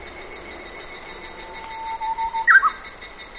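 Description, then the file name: Bird song: a long, steady whistled note held for over a second, then a quick, higher two-part flourish, over a constant high insect hum. Birds in a forest in Sannohe during summer rain. "AMBIENCE SANNOHE FOREST SUMMER RAIN BIRDS NEARBY ROAD"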